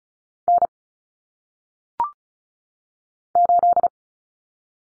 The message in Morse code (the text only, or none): N 8